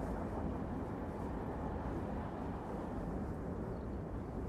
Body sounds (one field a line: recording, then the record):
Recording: background sound without coughing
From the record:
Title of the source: Train Ride Ambience ambient white noise for sleeping, focus, studying, reading